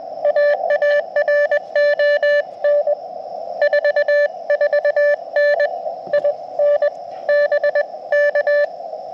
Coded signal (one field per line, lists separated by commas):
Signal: Morse code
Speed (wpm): 21 wpm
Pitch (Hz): 600 Hz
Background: none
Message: AARON 44N I N B K